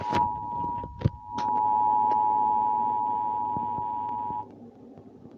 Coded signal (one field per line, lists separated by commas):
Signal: Emergency Alert System (SAME) tones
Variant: 853 and 960 Hz attention tone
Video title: Tornado Warning on Xfinity (EAS #63)